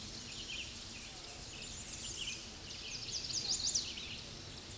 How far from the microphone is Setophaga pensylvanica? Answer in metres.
about 15 m